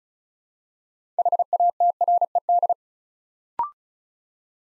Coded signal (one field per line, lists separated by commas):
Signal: Morse code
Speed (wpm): 36 wpm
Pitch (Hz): 700 Hz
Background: none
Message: HATRED